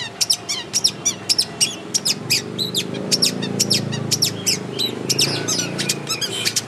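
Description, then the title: Long-tailed shrike song made of sharp, high chipping notes given in quick bursts. Champion singing bird. "Kicau Burung Cendet Juara"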